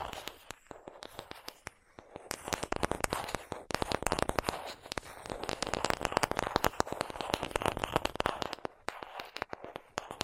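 Rapid tapping, a dense stream of sharp clicks that cover the range from low knocks up to bright ticks. The taps come sparser for the first two seconds, then pack into a fast, irregular flurry until about nine seconds before thinning again.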